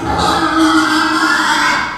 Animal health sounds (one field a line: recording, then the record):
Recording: squeal of a Yucatan mini pig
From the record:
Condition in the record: after surgery on the right vocal fold (resection and tissue-engineered implant)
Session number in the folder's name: 16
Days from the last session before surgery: 183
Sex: female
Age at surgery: 19 weeks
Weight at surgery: 25 kg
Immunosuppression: prednisolone